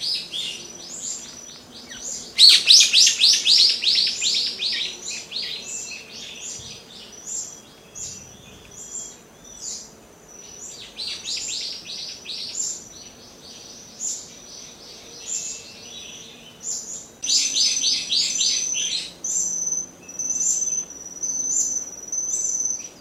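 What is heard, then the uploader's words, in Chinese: Chestnut-eared birds singing at dawn, with bright, rapid chirping phrases bursting out near the start, around the middle and again near the end. Thinner high calls and a steady high whine fill the gaps, over a faint low hum in the background. 报晨棕耳鸟。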